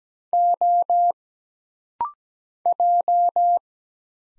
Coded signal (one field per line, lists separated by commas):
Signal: Morse code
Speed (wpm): 17 wpm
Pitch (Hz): 700 Hz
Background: none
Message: O J